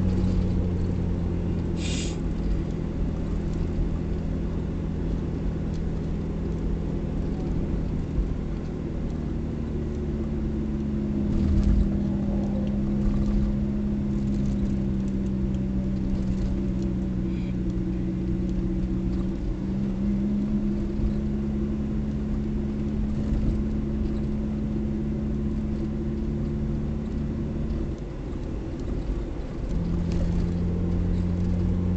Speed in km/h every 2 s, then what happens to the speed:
47, 42, 43, 42, 41, 37, 36, 35, 33, 32, 36, 37, 37, 38, 40, 45.
0-7 steady at about 42. 7-17 slows to 32. 17-32 speeds up to 45.